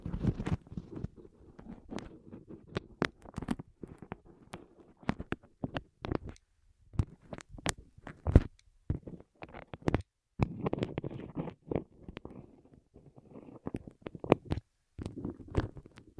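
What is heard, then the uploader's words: Rolling sounds on the ears: soft, muffled low rumbles come in uneven bursts, broken by frequent sharp clicks and crackles that flash bright. Brief near-silent gaps fall around six and ten seconds before the rolling resumes. ASMR Rolling On Your Ears (No Talking).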